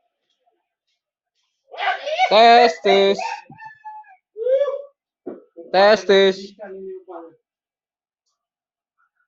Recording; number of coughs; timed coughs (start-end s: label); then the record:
no coughing; 0
none
From the record:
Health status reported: healthy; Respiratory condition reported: no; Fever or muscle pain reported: no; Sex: male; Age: 35 years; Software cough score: 0.36